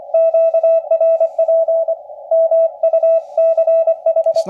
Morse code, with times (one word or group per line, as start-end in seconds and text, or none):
0.1-1.9 QRP
2.3-4.4 MUCH